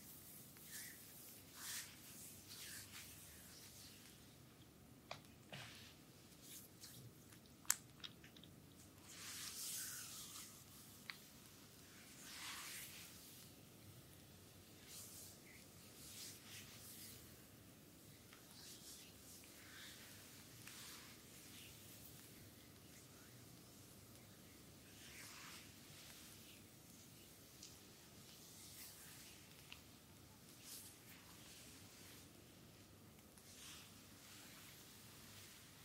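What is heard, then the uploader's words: A close, quiet massage with bamboo: soft rubbing and brushing strokes come in short airy swishes every second or two, with a few louder sweeps near 10 and 12 seconds. Occasional small taps and clicks sit over a low, steady hiss underneath. ASMR Full body massage with bamboo.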